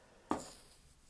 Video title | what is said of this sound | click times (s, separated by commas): Shelfwarmers: Warrior Class Cyberverse Hot Rod | uh and with a slot on top so it just kind of locks into place and uh | 0.3 s